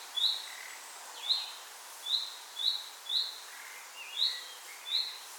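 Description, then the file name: Common nightingale uttering a string of seven high upslurred whistles, roughly one per second, over faint lower notes and steady background hiss. "Luscinia megarhynchos"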